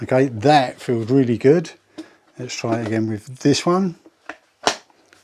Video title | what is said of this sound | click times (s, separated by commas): Wagner W575 paint sprayer. | same again nice positive click and it's solid | 4.7 s